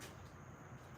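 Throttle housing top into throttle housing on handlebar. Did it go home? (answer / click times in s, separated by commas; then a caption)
no / none. Someone handles the top half of a plastic throttle housing, fitting it onto the throttle housing on a handlebar after the throttle cable has been wrapped inside. Only a steady, low rumbling background noise is heard, with no distinct click or hit. The cover has not snapped into place yet, and nothing has seated.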